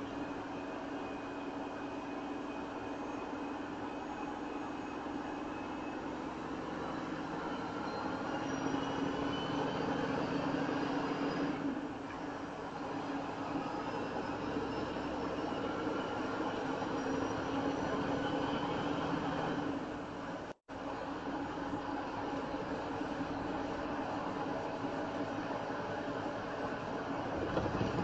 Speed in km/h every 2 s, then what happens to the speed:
32, 32, 34, 34, 37, 42, 44, 48, 50, 55, 56, 58, 60, 60.
0-6 steady at about 32. 6-28 speeds up to 60.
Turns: none.